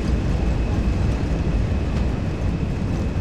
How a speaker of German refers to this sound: Wir müssten mittlerweile rund 200 Stundenkilometer erreicht haben. Gleich sind wir so schnell, dass wir abheben können. Dann zieht der Pilot im Cockpit an der Steuersäule. Daraufhin hebt das vordere Fahrwerk, also die Räder, unterm Flugzeug ab.